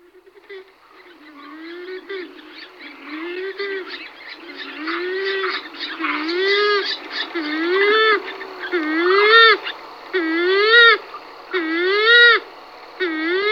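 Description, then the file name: Western swamphen calls: rising-and-falling wailing notes repeated roughly every second and a half, mixed with higher nasal notes and a steady background hiss. "slípka-modrá"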